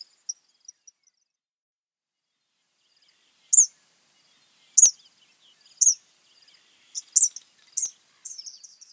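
Eastern Kingbird giving sharp, high, buzzy notes at irregular intervals, with a few quick clustered notes near the end; faint high ticks between.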